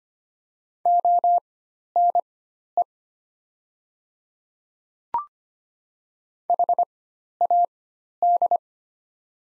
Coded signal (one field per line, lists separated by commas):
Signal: Morse code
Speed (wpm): 25 wpm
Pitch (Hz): 700 Hz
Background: none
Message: ONE HAD